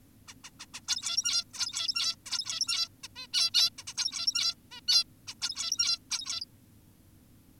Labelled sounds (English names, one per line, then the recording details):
Zebra Finch
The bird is an adult
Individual g17y2U